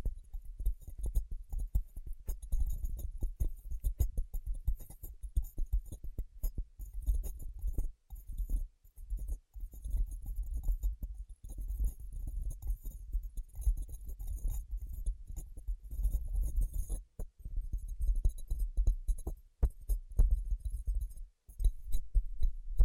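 Rapid ASMR tapping goes on almost nonstop, dense clusters of soft, low, thudding taps with a faint glassy clink on top. The rhythm is fast and uneven, with brief pauses near 8, 11, 17, 19 and 21 seconds before the tapping resumes.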